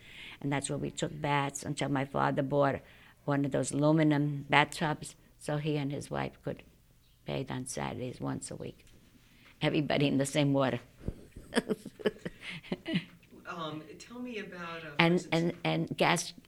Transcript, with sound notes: And that's where we took baths until my father bought one of those aluminum bath tubs, so he and his wife could bathe on Saturdays once a week. Everybody in the same water. (she laughs)
Tell me about...
And, and gas